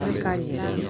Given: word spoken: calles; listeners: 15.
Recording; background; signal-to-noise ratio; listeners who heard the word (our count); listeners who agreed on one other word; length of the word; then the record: one Spanish word in noise, from a listening test; eight-talker babble; 0.5 dB; 1 of 15; 8 of 15; 0.50 s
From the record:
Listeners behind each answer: 8, 3, 1, 1, 1, 1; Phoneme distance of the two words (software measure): 7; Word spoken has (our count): 2 syllables, 5 phonemes, stress on syllable 1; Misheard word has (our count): 2 syllables, 4 phonemes, stress on syllable 1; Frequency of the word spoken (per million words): 85.71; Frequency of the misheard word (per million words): 205.36